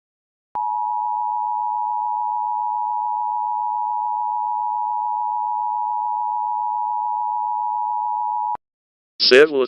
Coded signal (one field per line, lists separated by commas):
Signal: Emergency Alert System (SAME) tones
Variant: 853 and 960 Hz attention tone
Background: speech